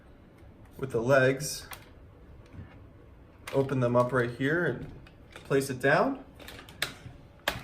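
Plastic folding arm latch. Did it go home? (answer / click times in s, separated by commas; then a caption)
yes / 6.8 s, 7.5 s. Someone talks while the folding arms of a small consumer GDU SAGA drone are swung open on the drone body until fully extended. Sharp clicks at 6.8 s and 7.5 s mark the arm locking into its extended position.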